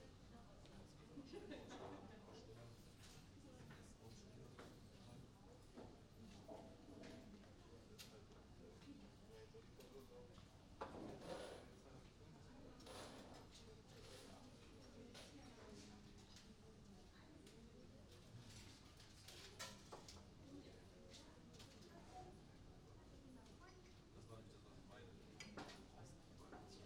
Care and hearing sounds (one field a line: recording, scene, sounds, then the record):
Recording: everyday scene through a hearing-aid microphone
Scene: many people talking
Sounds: many voices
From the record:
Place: university cafeteria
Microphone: in the ear canal, right